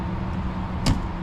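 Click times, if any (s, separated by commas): 0.9 s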